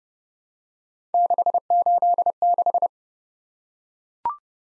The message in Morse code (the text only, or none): 686